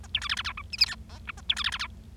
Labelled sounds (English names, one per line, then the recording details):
Bengalese Finch song
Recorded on 25 March 2012 at 14:53
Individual gy6or6